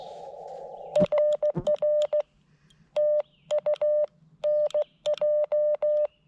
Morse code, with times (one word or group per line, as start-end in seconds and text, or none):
1.0-2.2 RR
3.0-4.0 TU
4.4-6.1 NJ